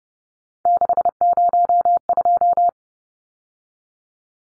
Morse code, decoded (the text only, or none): 602